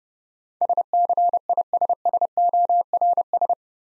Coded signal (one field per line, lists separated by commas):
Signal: Morse code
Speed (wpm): 30 wpm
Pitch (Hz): 700 Hz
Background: none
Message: SCISSORS